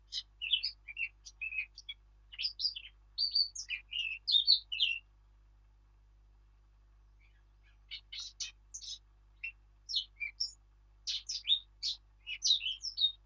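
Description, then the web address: Eurasian blackcap song in two long bouts of rapid, chattering warble mixed with clearer whistles, separated by a silent gap of about three seconds. "birdsong Sylvia atricapilla"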